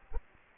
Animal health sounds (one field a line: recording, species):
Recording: mosquito wingbeat signal from an infrared sensor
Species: Culex quinquefasciatus